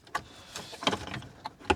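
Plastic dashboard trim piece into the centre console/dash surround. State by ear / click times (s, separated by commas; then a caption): not seated / none. A plastic dashboard trim piece is handled against the centre console and dash surround of a Range Rover Sport during reassembly after a DRIMATT Apple CarPlay head unit and digital climate control install. Soft rustles and light knocks are heard, with sharp taps near 0.9 s and 1.7 s. Nothing has seated or clicked yet.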